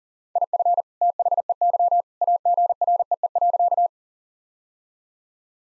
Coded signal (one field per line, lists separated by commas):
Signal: Morse code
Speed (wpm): 40 wpm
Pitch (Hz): 700 Hz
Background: none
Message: IF THEY AGREE.